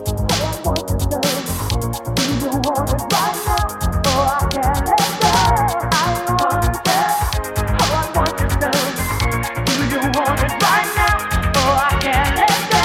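Dance music plays at a bumper car ride, loud and steady for the whole stretch. A fast, regular beat drives it, with deep bass thumps below, crisp percussion ticking on top, and busy melodic lines layered in the middle.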